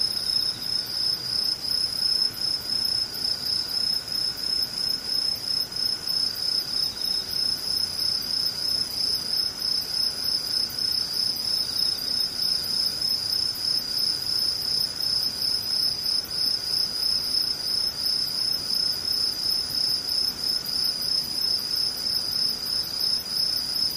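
Insects chirr without pause, a dense, steady shrilling of cricket-like calls high in pitch, with a bright band near the top and a fainter whine lower down. The pulsing stays regular and even for the whole stretch, over a soft low rumble.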